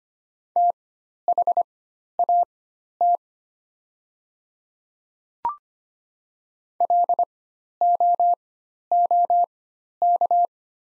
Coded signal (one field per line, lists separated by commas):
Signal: Morse code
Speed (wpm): 25 wpm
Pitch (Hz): 700 Hz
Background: none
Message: THAT LOOK